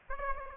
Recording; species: mosquito wingbeat signal from an infrared sensor; Aedes aegypti